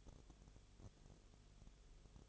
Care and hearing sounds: daily activity, microphone in the room; no activity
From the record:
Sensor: 4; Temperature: 22.0 degrees Celsius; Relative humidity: 29.7%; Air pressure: 1002.1 hPa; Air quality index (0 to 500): 59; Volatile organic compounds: 1 ppm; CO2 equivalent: 608 ppm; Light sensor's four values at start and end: 2/3/1/1 and 2/3/1/1

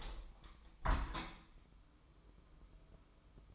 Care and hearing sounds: daily activity, microphone in the room; open window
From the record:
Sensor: 1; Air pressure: 1015.0 hPa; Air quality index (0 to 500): 45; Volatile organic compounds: 1 ppm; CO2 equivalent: 629 ppm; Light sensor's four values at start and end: 10/25/10/11 and 10/25/10/11

